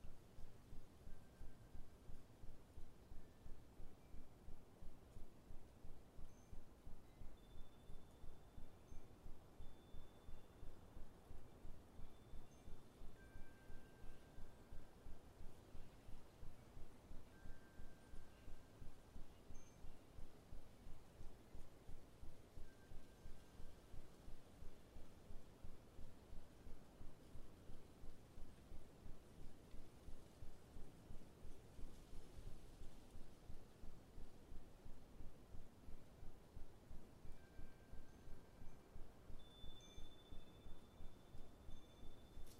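Wind chimes ring out in an autumn wind, their clear tones sounding now and then in short bright notes, a few every several seconds and clustering near the end. Underneath, a steady, dense rumble of wind and rustling persists throughout without letting up.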